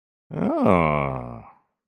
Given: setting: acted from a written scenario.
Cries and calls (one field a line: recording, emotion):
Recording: vocal sound without words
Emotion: interest